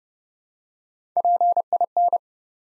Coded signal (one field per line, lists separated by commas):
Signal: Morse code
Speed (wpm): 30 wpm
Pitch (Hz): 700 Hz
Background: none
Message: PIN